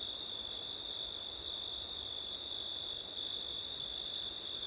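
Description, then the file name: Cricket chorus, a constant high shimmering trill with a brief dip in the upper tone, steady wind hissing beneath. Crickets on a windy September night, ORTF stereo microphone setup. "crickets wind september night ortif"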